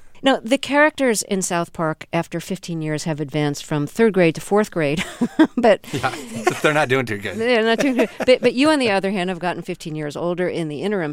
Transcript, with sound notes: Now, the characters in "South Park," after 15 years, have advanced from third grade to fourth grade. (Soundbite of laughter) They're not doing too good. But you, on the other hand, have gotten 15 years older in the interim.